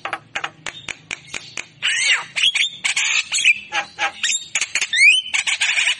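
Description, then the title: Javan myna song: varied, scratchy chatter with sharp clicks, warbled phrases and a quick rising whistle near the end. Lively singing Javan myna, its song filled with imitations of magpie-robin, green leafbird and lovebird; used as training audio for songbirds. "Masteran & Pancingan Kicauan Jalak Kebo Gacor Istimewa isian Murai Cucak Ijo Lovebird"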